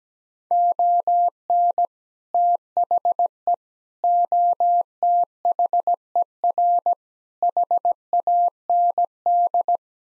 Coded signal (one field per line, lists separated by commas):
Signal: Morse code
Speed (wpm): 17 wpm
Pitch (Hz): 700 Hz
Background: none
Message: ON THE OTHER HAND